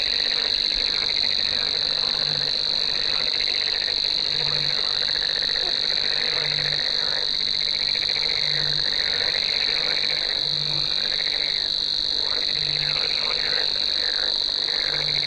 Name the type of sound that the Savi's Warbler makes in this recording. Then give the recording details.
song. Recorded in the wild. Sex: male. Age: adult. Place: Kützerhof, Kummerower See, Mecklenburg-Vorpommern, DE. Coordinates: 53.8367, 12.8358. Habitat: wetland. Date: 2010-06-23. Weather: clear night, 15°C, no wind. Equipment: Sound Devices 702, Sennheiser MKH 70, Rycote Windschutz. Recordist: Frommolt, Karl-Heinz